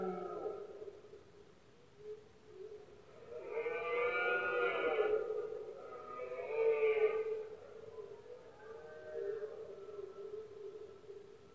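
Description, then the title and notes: Red deer bellowing: two harmonic roars, then a fainter bellow near the end. Male red deer roaring during the rut, known locally as the berrea or brama del ciervo, at night, Spain. "Paisaje sonoro: Berrea #04. La época de celo del ciervo se conoce comúnmente como “berrea del ciervo” o “brama del ciervo”. los poderosos bramidos de los ciervos machos"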